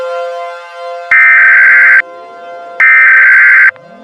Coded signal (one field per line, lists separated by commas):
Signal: Emergency Alert System (SAME) tones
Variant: header bursts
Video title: EAS Scenario: Red